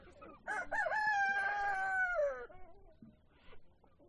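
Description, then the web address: Chicken crowing, a single long rooster crow lasting about two seconds, followed by faint clucks. Hens and roosters at a poultry farm. "granja avicola sonidos de gallinas y gallos"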